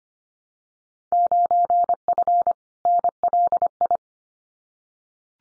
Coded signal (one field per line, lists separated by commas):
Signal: Morse code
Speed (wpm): 25 wpm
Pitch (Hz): 700 Hz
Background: none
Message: 9F NLI